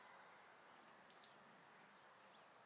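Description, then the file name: Eurasian blue tit song: two very high, thin drawn-out notes, then a quick silvery trill of about ten buzzy pulses, sounded once in a quiet setting. "Cyanistes caeruleus"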